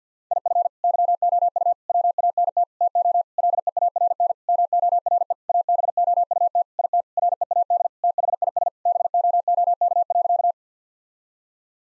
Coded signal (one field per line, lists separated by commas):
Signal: Morse code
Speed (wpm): 50 wpm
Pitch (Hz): 700 Hz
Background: none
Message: IF YOU WANT TO LEARN MORE ABOUT IT READ THIS BOOK.